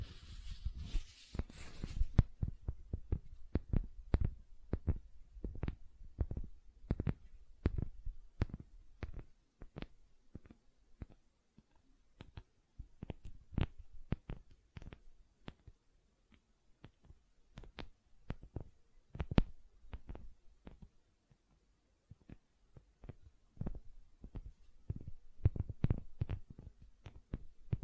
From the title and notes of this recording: ASMR Gentle Silicon Sounds for Sleep (No Talking).